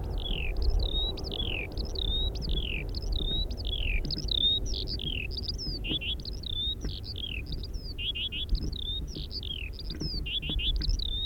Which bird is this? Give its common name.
Eurasian Skylark